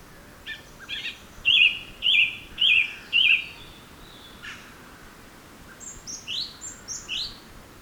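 Bird song: four loud chirps in quick succession, then softer, higher rising chirps, with fainter calls before.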